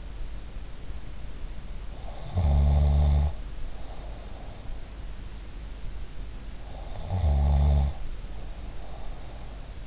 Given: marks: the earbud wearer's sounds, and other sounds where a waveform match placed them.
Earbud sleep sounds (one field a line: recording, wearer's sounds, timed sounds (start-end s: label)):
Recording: sounds in sleep by an in-ear microphone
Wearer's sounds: snoring breath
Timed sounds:
1.95-4.61 s: snoring breath
6.67-9.87 s: snoring breath